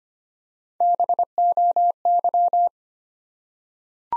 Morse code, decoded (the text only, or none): BOY